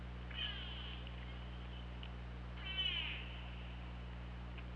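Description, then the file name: Killer whale calls: two short harmonic pulsed calls about two seconds apart, fairly faint against a steady low drone. Recorded 24 August 2017, around 23:38. "Orca Lab"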